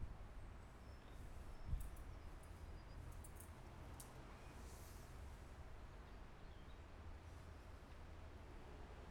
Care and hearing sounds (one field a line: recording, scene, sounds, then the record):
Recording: everyday scene through a hearing-aid microphone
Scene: wind on the microphone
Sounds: gentle breeze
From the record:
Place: parking lot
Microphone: behind the ear, left, rear